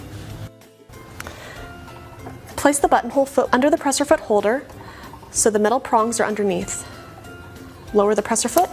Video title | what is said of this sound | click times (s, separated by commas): SINGER 7258 100 Stitch Computerized Sewing Machine Review-Ultimate Tutorial and Buying Guide Of 2020 | presser foot will pop off place | 1.2 s